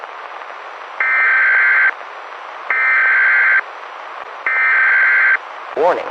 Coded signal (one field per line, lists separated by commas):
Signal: Emergency Alert System (SAME) tones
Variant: header bursts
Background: speech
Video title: EAS Scenario - Alert Containment Breach - SCP-871 Replicating Cakes